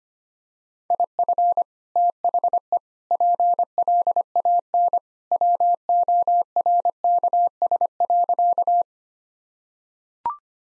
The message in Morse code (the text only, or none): IF THE PLAN WORKS.